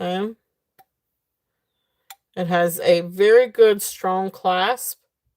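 The box clasp of a hinged sterling silver bangle (clamper bracelet) is being handled and closed while someone talks, with two faint brief ticks near 0.8 s and 2.1 s. Nothing has seated or clicked yet; the clip ends just before the clasp snaps shut.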